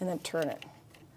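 Someone talks while fitting the trunk release cable end into the plastic holder of the lock actuator on a 2016-2025 Chevrolet Malibu, dropping it in from the top past a notch and turning it. Only a faint tick is heard near 0.9 s under the speech. The cable end has not snapped or seated into place yet.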